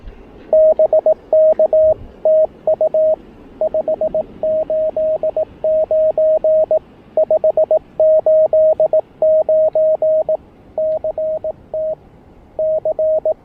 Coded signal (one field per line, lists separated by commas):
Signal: Morse code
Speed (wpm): 19 wpm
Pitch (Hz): 590 Hz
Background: radio noise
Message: BK TU 589 589 CT C